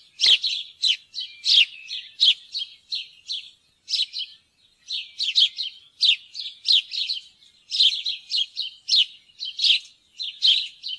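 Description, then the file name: House sparrow chirping steadily, a long series of sharp, slightly buzzy chirps, with a short pause near the middle. "graaspurv"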